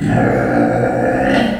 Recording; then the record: squeal of a Yucatan mini pig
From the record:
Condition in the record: after surgery on the right vocal fold (resection and tissue-engineered implant); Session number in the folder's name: 2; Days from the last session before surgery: 18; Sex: female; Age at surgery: 19 weeks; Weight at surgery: 25 kg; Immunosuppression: prednisolone